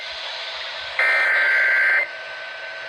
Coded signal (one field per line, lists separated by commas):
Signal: Emergency Alert System (SAME) tones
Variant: header bursts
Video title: Test and Storm madness!! EAS alerts from 7/31/2024